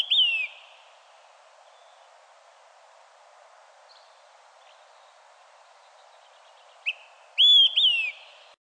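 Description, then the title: Olive-sided Flycatcher whistled song: the end of one phrase at the start, then a full three-note phrase near the close, over a steady soft hiss. "LuckyPassaro Completos2Sama. Olive-sided Flycatcher (Contopus cooperi)"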